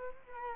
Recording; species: mosquito wingbeat signal from an infrared sensor; Culex quinquefasciatus